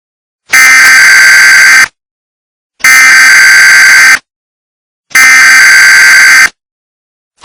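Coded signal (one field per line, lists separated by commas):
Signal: Emergency Alert System (SAME) tones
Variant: header bursts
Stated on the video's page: Fictional alert in a made-up scenario about a terrorist attack at a mall in Roseville, California.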